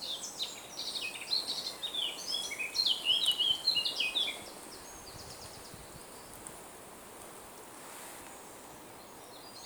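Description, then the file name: Eurasian blackcap singing a fast, varied warble of high chattering notes for about four seconds before falling quiet against a soft background hiss. "Sylvia atricapilla"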